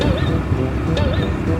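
While riding on a motorbike taxi after setting off in a hurry, a rider fumbles with the helmet chin strap, trying to get its buckle into the clasp as the strap keeps flapping in the wind. Steady, loud wind and traffic noise fill the clip, with wavering honk-like tones passing through. The buckle is only being handled, and nothing has clicked or seated yet.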